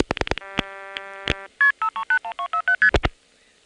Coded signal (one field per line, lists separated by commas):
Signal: multi-frequency trunk signalling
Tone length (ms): 90 ms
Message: 5312ST